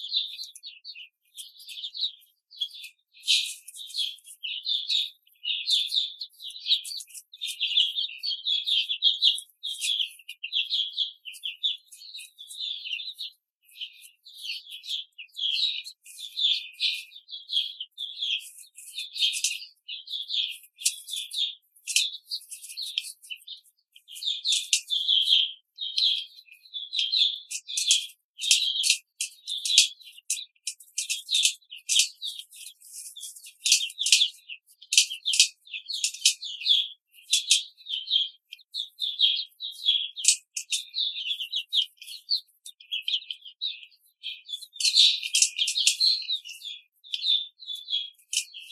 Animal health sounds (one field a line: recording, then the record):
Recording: young laying hens in a cage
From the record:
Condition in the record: control cage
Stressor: none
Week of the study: 5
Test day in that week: 1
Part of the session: 1